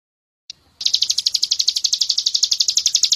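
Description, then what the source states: Bird trill: a short high note, a brief pause, then a fast, even, high-pitched pulsed chatter that runs without a break to the end. Masteran recording, used for training songbirds to learn song.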